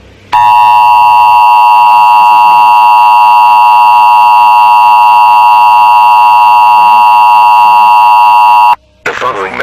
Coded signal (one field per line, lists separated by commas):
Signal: Emergency Alert System (SAME) tones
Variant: 853 and 960 Hz attention tone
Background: speech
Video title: EAS Mock - Nuclear Planes